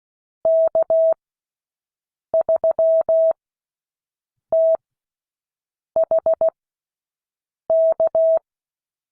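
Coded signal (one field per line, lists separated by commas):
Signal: Morse code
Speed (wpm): 16 wpm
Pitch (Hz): 650 Hz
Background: none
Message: K3THK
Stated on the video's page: Morse code class lesson.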